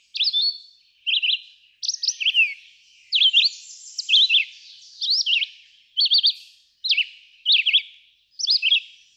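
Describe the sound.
Red-eyed vireo delivering a series of short whistled phrases about once a second, each a quick slur up or down, high and clear.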